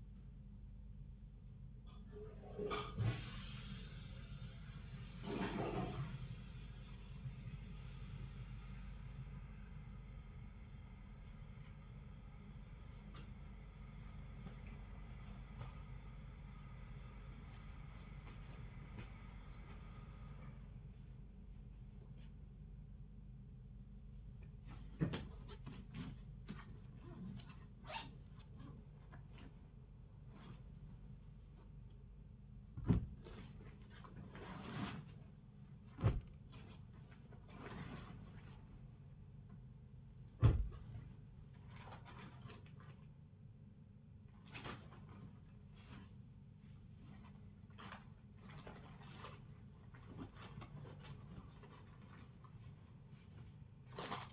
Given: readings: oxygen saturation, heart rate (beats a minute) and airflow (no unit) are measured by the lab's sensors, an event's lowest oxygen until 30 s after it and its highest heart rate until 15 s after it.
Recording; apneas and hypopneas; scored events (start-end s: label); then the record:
a person awake in a sleep study, by a smartphone at the bedside; none
0.00-54.33 s: awake
From the record:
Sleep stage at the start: awake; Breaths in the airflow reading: 19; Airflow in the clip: -0.7 to 0.8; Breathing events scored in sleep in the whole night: 270 in 6.1 hours asleep